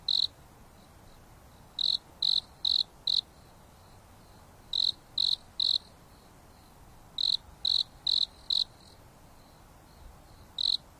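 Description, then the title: Insect song of high, evenly spaced chirps in runs of three or four, runs repeating every few seconds against a quiet hissing background. Insects singing at night on a mountain top under a starry sky, with a gentle breeze blowing. "There is a gentle breeze blowing on the top of the mountain under the starry sky, and the insects are singing leisurely."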